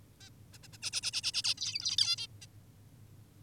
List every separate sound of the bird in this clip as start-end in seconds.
0.20-0.30, 0.53-0.58, 0.63-0.68, 0.73-0.78, 0.82-0.90, 0.93-1.01, 1.03-1.11, 1.13-1.22, 1.23-1.32, 1.34-1.42, 1.44-1.54, 1.58-1.96, 1.98-2.16, 2.18-2.27, 2.42-2.46